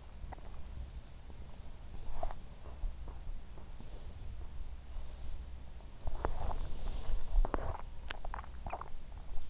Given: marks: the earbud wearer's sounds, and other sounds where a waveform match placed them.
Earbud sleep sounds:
sounds in sleep by an in-ear microphone; body movement, swallowing
2.14-2.86 s: body movement
5.78-9.50 s: body movement
7.28-8.90 s: swallowing

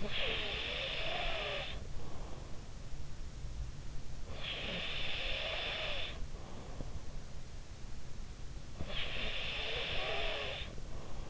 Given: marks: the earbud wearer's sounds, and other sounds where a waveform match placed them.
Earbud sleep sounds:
sounds in sleep by an in-ear microphone; snoring breath
0.00-2.48 s: snoring breath
4.20-6.98 s: snoring breath
8.72-11.30 s: snoring breath

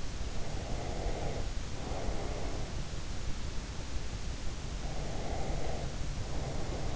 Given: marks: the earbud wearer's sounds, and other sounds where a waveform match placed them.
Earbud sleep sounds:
sounds in sleep by an in-ear microphone; breath
0.55-2.68 s: breath
4.97-6.95 s: breath

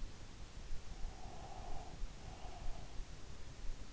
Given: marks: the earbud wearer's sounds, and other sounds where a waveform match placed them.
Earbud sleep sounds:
sounds in sleep by an in-ear microphone; breath
1.01-3.31 s: breath

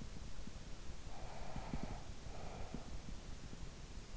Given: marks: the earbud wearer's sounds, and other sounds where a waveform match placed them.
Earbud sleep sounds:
sounds in sleep by an in-ear microphone; breath
0.78-3.58 s: breath

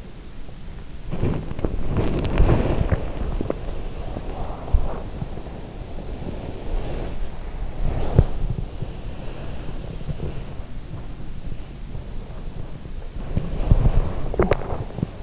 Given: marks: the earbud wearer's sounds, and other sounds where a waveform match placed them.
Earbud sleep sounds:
sounds in sleep by an in-ear microphone; body movement
0.00-15.23 s: body movement

